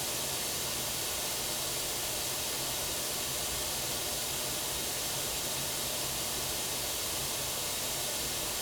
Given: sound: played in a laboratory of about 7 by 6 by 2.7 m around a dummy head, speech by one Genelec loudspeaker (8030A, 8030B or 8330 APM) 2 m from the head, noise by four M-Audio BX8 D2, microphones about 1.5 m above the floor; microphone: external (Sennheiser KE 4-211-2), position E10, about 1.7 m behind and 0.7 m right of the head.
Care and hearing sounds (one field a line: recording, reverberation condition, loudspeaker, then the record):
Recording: white noise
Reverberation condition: low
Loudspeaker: four, about 170 cm from the corners of the room and facing them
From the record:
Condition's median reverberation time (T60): about 310 ms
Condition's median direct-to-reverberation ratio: about 3.5 dB